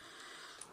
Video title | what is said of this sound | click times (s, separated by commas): Transformers Universe Hound w/Ravage Review. | it all the way down and then it clicks right into that spot | 0.6 s